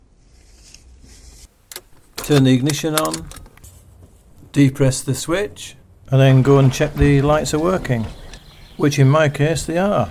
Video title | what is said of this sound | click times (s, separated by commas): SKODA FABIA Reversing Light Switch (MK1 00-07 EWT) | until it clicks into place | 1.7 s